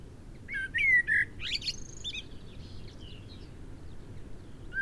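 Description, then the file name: Common blackbird singing a rich fluted whistle that breaks into a squeaky, high twitter, with a fainter phrase afterwards and another starting at the end. "Turdus merula"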